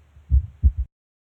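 A single low-pitched cardiac cycle: a first heart sound, a second heart sound, then a soft dull extra thud shortly after the second, giving a three-beat cadence. This is a physiologic third heart sound, a normal early-filling sound of the ventricles.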